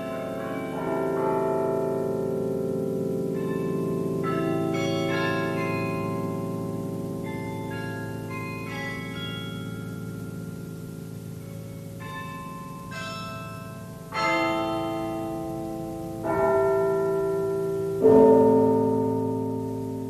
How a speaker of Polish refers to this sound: Stare porzekadło mówi: najpiękniej brzmią te dzwony, których nie słyszy człowiek oszołomiony szczęściem, lecz dźwięk ich pamięta przez całe życie.